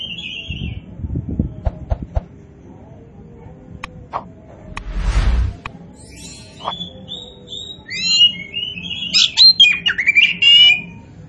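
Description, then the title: Oriental magpie-robin: songbird notes faint at first among scattered clicks and a brief rustling noise, then a loud burst of varied whistles and chattering phrases near the end. Oriental magpie-robin of the kacer poci form, described as gacor, singing vigorously. "Kacer Poci Gacor"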